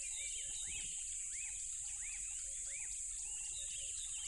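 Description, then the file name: Crickets hum loudly and without pause while a bird repeats looping whistled notes, with soft clucking notes underneath. Loud crickets by a tropical river. "smartsound ATMO NATURE Tropical River Loud Crickets"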